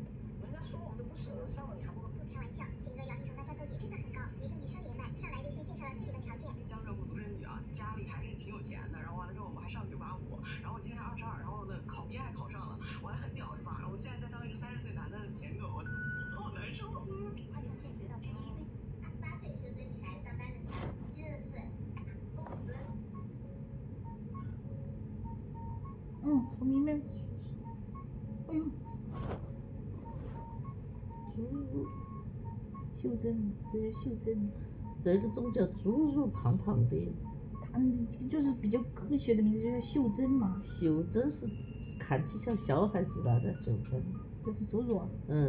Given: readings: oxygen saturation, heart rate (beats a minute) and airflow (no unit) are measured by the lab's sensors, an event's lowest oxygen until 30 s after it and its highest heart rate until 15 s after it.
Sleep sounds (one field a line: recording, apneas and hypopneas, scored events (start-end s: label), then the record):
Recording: a person awake in a sleep study, by a smartphone at the bedside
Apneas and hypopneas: none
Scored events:
0.00-45.49 s: awake
0.00-45.49 s: awake
From the record:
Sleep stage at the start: awake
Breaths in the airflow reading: 21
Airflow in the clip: -0.6 to 0.6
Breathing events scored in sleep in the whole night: 496 in 5.4 hours asleep